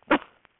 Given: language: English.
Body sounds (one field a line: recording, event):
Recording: throat vibration sensor signal played as sound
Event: cough